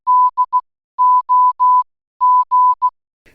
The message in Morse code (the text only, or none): DOG